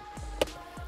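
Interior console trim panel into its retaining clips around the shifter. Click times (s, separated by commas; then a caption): 0.4 s. An interior center console trim panel on a Subaru STI, lined up with its retaining clips around the shifter during a Dark MatterX DM-1 short shifter install, is pushed down into place. A single sharp snap is heard at 0.4 seconds over low background noise. The trim panel is seated in its clips.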